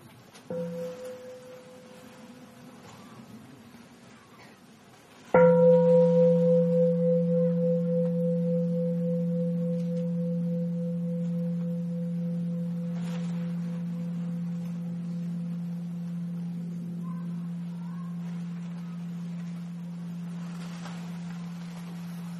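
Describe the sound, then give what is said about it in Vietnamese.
A mindfulness bell, heard as a cue to breathe, is lightly touched once, then struck fully: a deep, resonant low tone with a brighter overtone that rings on and fades slowly over many seconds, with no talking. “Chúng ta nghe một tiếng chuông để thở và tiếp xúc với cái tịnh độ, về hạnh phúc trong giây phút hiện tại.”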